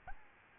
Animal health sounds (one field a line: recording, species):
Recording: mosquito wingbeat signal from an infrared sensor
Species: Aedes albopictus